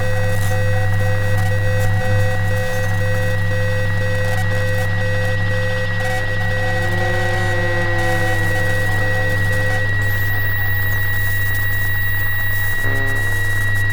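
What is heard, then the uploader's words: Electromagnetic hum from the surroundings: a loud, unchanging low buzz with several steady whining tones stacked above it. Faint rising and falling warbles drift through the middle from about seven to ten seconds, and a brief crackle breaks in near thirteen seconds. This time scavenging sounds from various sources in the small apartment I live in. The EMF flutters, whistles, tones and crackling like the cryptic calls and cries of insects, birds and animals in an environment. This time I’ve used a different EMF detector, one built by Sorte Muld Instruments. A hum or a buzzing.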